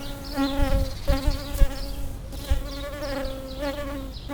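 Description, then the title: Bumblebee buzz, a loud low drone with soft thumps. Bumblebees approaching flowering lavender, recorded with a pair of microphones placed in the lavender plant. "Abejorros En Flor"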